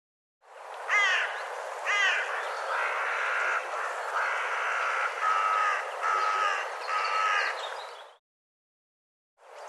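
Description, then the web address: Bird calls: two sharp notes followed by a run of harsh, steady nasal notes, then silence before another call begins. "cianscape birddata"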